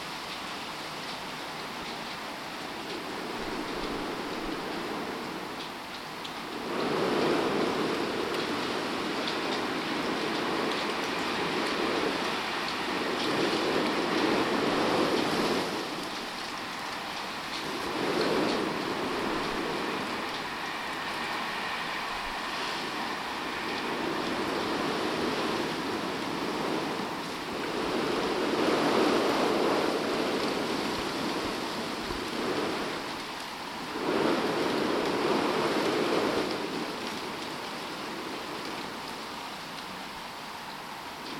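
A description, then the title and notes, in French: Winter wind and rain in Brittany, a dense steady hiss with gusts swelling repeatedly, loudest around seven, fifteen, twenty-nine and thirty-five seconds. Vent d'hiver et pluie en Bretagne.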